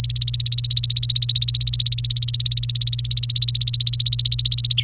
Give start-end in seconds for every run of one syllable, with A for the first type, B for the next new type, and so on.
0.00-4.81 A